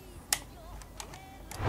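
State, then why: Seated. A handheld game console is pressed into a clip-on controller deck and seats with a sharp click at 0.3 s. A few fainter taps follow, and a louder rustle rises at the very end. The console locks into the controller grip and holds firmly so it will not fall out.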